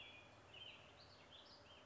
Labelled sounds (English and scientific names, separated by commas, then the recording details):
American Robin (Turdus migratorius)
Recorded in Sonoma County, California